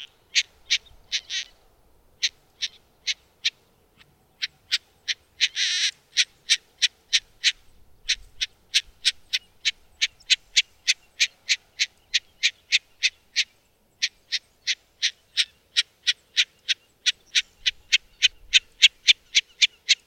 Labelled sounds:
Wilson's Snipe (Gallinago delicata) call
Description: Wilson's Snipe call recorded in Moraine Park in Rocky Mountain National Park
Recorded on 22 June 2015

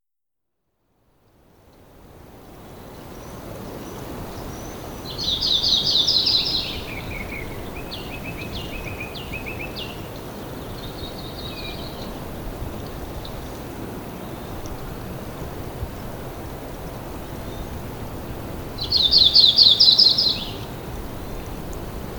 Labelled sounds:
Yellow-rumped Warbler (Setophaga coronata) song
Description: Audubon's Warbler song recorded in Big Meadows in Rocky Mountain National Park
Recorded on 8 June 2016

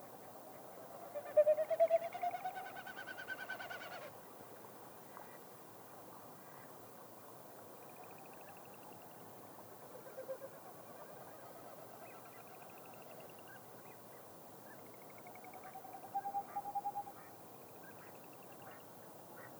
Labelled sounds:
Wilson's Snipe (Gallinago delicata)
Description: It's spring in Yellowstone

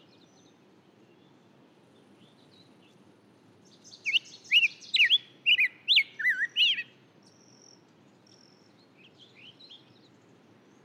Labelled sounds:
Black-headed Grosbeak (Pheucticus melanocephalus) song
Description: Black-headed Grosbeak song recorded in the Alluvial Fan area of Rocky Mountain National Park
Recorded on 31 May 2017

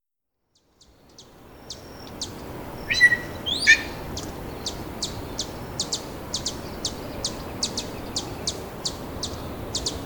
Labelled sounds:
Steller's Jay (Cyanocitta stelleri) song
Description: Steller's Jay song recorded at the Alluvial Fan in Rocky Mountain National Park
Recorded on 19 May 2016

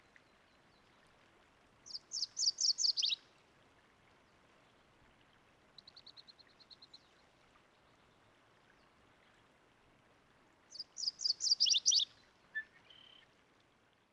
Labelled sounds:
MacGillivray's Warbler (Geothlypis tolmiei) song
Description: MacGillivray's Warbler song recorded on the Cub Lake Trail in Rocky Mountain National Park
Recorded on 29 May 2017

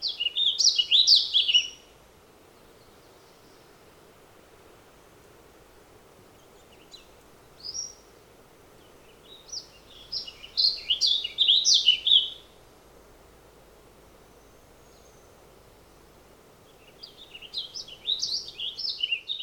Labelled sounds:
Warbling Vireo (Vireo gilvus) song
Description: Warbling Vireo song recorded on the Fern Lake Trail in Rocky Mountain National Park
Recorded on 10 June 2015

